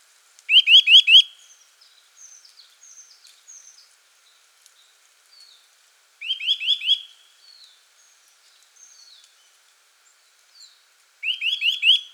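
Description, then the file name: Eurasian nuthatch calls in three bursts of several rapid notes, about five seconds apart, with softer thin notes between them. "Sitta europaea"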